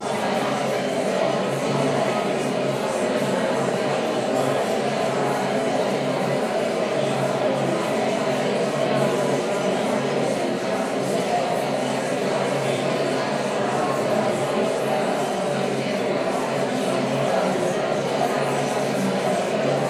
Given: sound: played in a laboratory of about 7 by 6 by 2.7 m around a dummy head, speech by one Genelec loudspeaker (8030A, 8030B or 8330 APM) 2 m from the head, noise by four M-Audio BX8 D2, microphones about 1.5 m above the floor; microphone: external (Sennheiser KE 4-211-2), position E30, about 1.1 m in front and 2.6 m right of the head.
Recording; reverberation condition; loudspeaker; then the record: babble noise; high; four, about 170 cm from the corners of the room and facing them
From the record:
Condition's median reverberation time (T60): about 1300 ms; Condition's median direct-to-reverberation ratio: about -4.0 dB